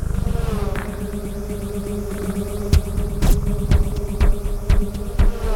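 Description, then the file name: Bee wing buzz: a steady low droning hum with a buzzy overtone, broken in the second half by sharp clicks and taps every half second or so. "Bienen Fluegel"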